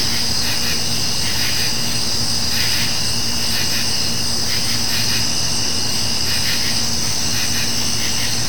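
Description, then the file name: Insects in a dense, even drone, with pulsed chirps coming in short groups and a constant deep hum below. Nature ambience of insects on a summer night. "kevin boucher nature ambience summer insects night"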